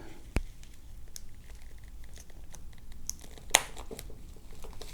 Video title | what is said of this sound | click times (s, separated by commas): Pebble Watch Adapter Plate Installation | can hear that snap looks | 3.5 s